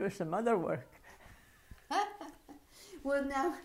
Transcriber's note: laughs